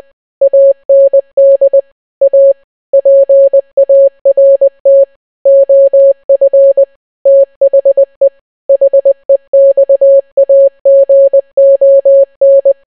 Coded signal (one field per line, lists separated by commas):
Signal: Morse code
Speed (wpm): 20 wpm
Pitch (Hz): 550 Hz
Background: none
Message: AND A PART OF THE HEXAGON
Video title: The Entire Bee Movie Script Except its in Morse Code